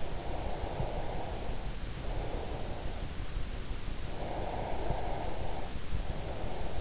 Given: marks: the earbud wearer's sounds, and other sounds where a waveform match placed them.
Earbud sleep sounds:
sounds in sleep by an in-ear microphone; breath
0.07-2.87 s: breath
4.01-6.81 s: breath

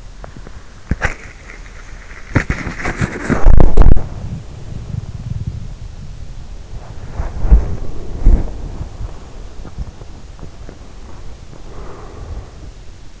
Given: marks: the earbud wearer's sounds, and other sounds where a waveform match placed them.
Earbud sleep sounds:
sounds in sleep by an in-ear microphone; body movement, breath
0.00-13.20 s: body movement
11.19-13.20 s: breath

